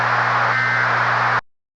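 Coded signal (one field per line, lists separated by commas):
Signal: Emergency Alert System (SAME) tones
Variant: end-of-message bursts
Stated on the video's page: Mock EAS alert, simulated rather than real.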